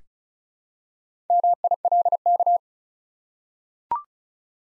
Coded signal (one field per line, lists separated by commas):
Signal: Morse code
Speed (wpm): 36 wpm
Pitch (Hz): 700 Hz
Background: none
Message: MILK